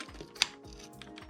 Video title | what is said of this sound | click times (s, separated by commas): Kraton 6s repairs | This will snap right in place. | 0.4 s